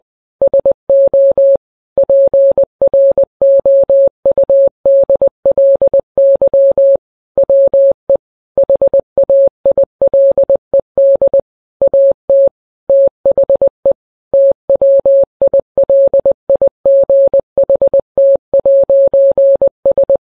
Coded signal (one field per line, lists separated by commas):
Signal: Morse code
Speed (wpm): 20 wpm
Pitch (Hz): 550 Hz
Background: none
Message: SO PROUDLY WE HAILED AT THE TWILIGHT'S